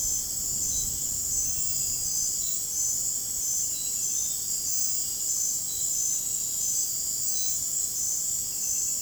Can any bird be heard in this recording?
no